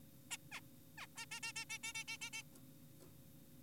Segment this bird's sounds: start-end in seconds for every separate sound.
0.31-0.37, 0.52-0.60, 0.98-1.07, 1.17-1.26, 1.31-1.40, 1.43-1.53, 1.56-1.65, 1.70-1.78, 1.83-1.93, 1.95-2.04, 2.08-2.17, 2.21-2.30, 2.33-2.43